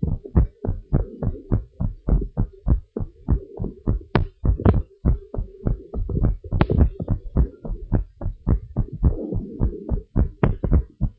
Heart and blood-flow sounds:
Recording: heart sounds of a pregnant woman by stethoscope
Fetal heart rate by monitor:
no fetal heartbeat
From the record:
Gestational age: 34 weeks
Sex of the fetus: boy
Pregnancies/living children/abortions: 1/0/0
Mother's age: 18 years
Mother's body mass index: 25.6

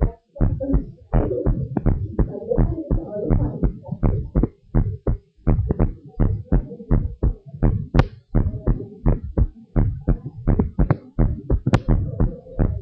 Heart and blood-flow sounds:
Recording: heart sounds of a pregnant woman by stethoscope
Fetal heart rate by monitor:
no fetal heartbeat
From the record:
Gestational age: 39 weeks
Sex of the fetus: girl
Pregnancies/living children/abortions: 2/1/0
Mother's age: 29 years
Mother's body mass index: 28.0

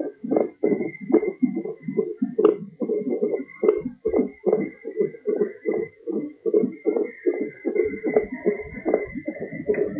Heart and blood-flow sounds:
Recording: fetal heart sounds by stethoscope on the mother's abdomen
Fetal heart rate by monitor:
0.00-10.00 s: 144 bpm
From the record:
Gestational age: 40 weeks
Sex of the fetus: boy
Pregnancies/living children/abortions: 1/0/0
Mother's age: 28 years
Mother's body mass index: 32.6

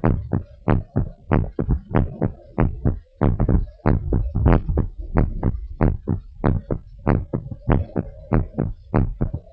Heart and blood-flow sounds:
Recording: heart sounds of a pregnant woman by stethoscope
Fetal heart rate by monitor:
no fetal heartbeat
From the record:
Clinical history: decreased amniotic fluid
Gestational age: 34 weeks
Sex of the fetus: girl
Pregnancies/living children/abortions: 3/0/2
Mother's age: 34 years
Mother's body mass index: 28.9

